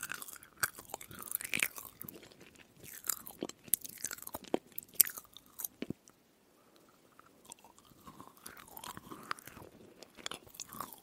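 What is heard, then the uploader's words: Someone eats home-baked cookies, with irregular crunchy bites and chewing packed into the first six seconds. Sharp, bright cracks stand out near the second and fifth seconds. After a brief near-silent pause, softer, slower chewing and small mouth sounds continue to the end. ASMR 직접만든 쿠키 이팅사운드 | home baking cookies eating sound.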